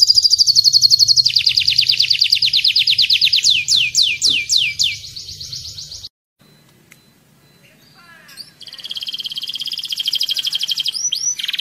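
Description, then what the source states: Atlantic canary song of fast high trills and downward sweeps, broken by a few seconds of near silence before another rapid rolling trill resumes. Canary singing in the "kalitan" song style, a "gela gelo" variant.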